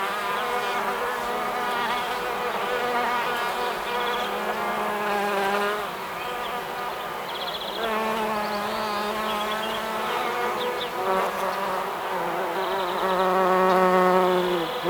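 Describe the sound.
Bees buzzing: many overlapping droning hums that waver in pitch, forming a continuous drone.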